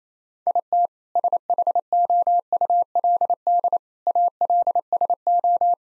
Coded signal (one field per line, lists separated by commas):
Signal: Morse code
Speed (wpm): 27 wpm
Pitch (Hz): 700 Hz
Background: none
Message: IT SHOULD ALSO